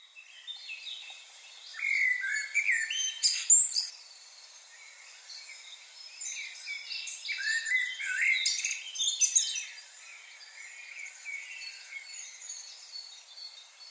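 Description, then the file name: Common blackbird song: two phrases of whistles running into high twittering, around the third and eighth seconds, with other high bird chatter behind. "Turdus merula"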